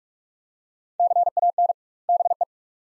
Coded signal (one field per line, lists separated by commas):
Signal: Morse code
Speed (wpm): 41 wpm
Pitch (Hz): 700 Hz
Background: none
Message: CAN BE